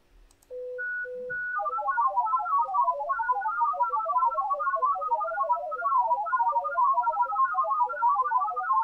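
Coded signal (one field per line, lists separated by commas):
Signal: multi-tone FSK (Olivia or MFSK type)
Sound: two short steady tones, then a rapid warbling burble of hopping musical tones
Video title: TEST SIGNAL - RTTY, BPSK31, OLIVIA.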